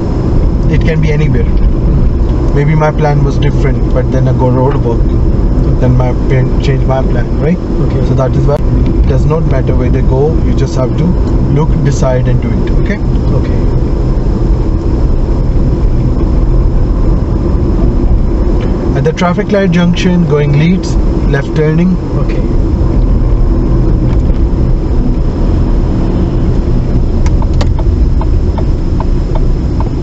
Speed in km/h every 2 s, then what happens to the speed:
37, 40, 40, 39, 39, 37, 32, 32, 34, 34, 32, 34, 27, 19, 13.
0-9 steady at about 39. 9-11 brakes to 32. 11-22 steady at about 32. 22-30 slows to 13.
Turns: none.